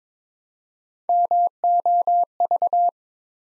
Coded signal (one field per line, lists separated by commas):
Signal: Morse code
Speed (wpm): 22 wpm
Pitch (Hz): 700 Hz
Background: none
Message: MOV